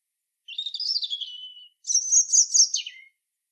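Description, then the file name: European robin with two liquid song phrases, a wavering falling warble followed by a higher, rapidly pulsing trill that drops at the end. "Erithacus rubecula"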